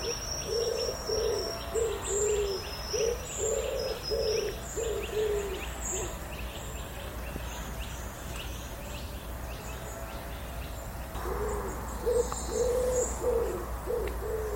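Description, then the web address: Common wood pigeon cooing: low, soft hooting notes in a rhythmic series, a pause, then another run of coos; high chirps from other birds and a low hum throughout. "cianscape. Deverinetal"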